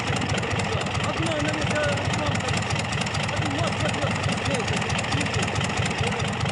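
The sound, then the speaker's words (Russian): A heavy crawler tractor engine idles steadily, a low throbbing rumble with a constant mechanical chug, while voices speak faintly over the noise, as mechanics fasten an aircraft to the tractor with a cable. “Под руководством … механики крепят самолет тросом к гусеничному трактору. Да выключите его к чертовой матери!”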